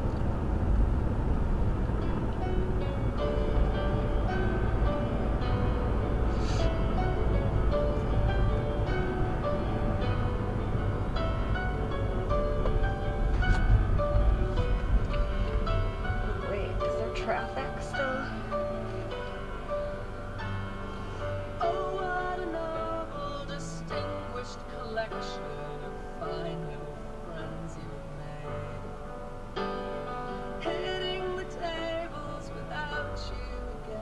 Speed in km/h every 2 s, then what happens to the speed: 77, 77, 74, 74, 69, 56, 34, 16, 0, 0, 0, 0, 0, 0, 0, 0, 0.
0-16 brakes to 0. 16-34 standing.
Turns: none.